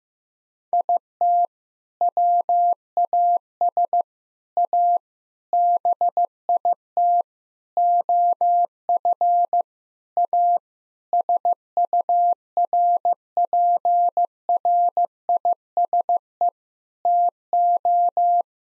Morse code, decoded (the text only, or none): IT WAS A BIT OF A SURPRISE TO